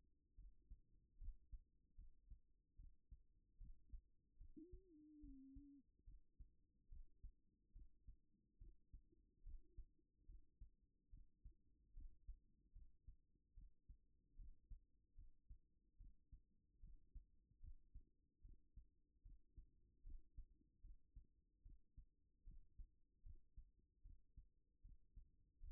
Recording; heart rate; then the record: heart sounds by stethoscope; 74 bpm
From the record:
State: at rest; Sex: female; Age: 33 years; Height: 160 cm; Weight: 54 kg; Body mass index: 21.09